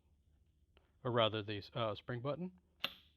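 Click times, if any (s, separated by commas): 2.8 s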